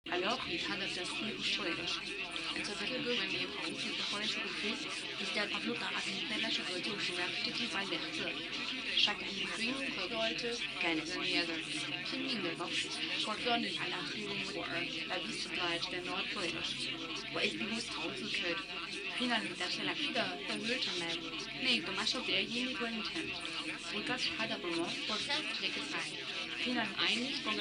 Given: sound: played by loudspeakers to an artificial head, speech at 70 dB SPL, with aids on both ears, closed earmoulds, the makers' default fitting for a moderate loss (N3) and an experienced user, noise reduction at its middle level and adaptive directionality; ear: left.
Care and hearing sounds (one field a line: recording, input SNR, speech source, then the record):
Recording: speech test signal (ISTS) in cocktail-party noise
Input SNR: +3 dB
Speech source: on the right (90 degrees)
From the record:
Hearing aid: class 2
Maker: D